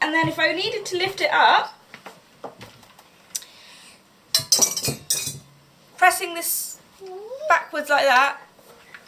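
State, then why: Not seated. Someone talks while handling a KitchenAid stand mixer, tilting its metal motor head back and pressing it backwards toward the locking hinge to latch it in the raised position. Sharp metallic clunks and clinks are heard between about 3.4 and 5.1 s between bursts of speech. The tilt head has not yet locked into place and nothing has clicked by the end of the clip.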